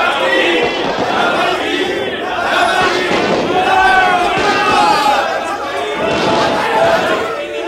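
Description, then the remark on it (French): A revolutionary crowd bursting into the Palais Bourbon shouts and roars continuously, many voices overlapping in a loud, agitated clamor with rising cheers and cries, steady throughout without pause. “Voilà la foule.”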